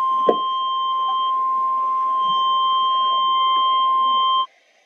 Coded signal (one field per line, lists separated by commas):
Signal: Emergency Alert System (SAME) tones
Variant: 1050 Hz attention tone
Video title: Severe Thunderstorm Warning (EAS #287)